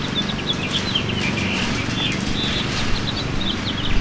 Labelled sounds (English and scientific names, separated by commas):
House Finch (Haemorhous mexicanus) song